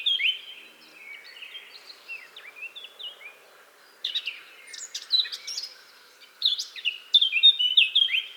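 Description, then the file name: Eurasian blackcap song: hurried scratchy warbling phrases at mid-high pitch, with a short pause and then a louder, richer burst of varied notes. "Sylvia atricapilla"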